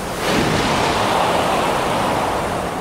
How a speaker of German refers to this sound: Doch Skamander ließ nicht von ihm ab und rauschte mit tosenden Wellen hinter ihm her.